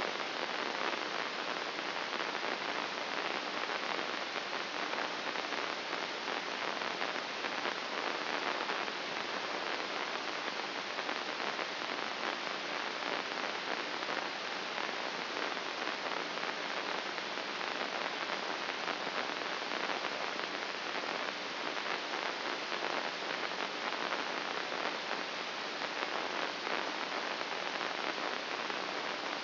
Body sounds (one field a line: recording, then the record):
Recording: brain microelectrode recording played as sound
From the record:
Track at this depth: outside the subthalamic nucleus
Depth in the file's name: 7.828 mm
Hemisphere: left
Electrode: 2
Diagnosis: Parkinson's disease